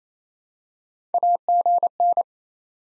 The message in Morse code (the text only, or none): AGN